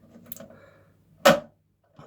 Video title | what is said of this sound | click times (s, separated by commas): How to fix a Toilet Leaking into the pan | and turn that clockwise till you hear the click okay | 0.3 s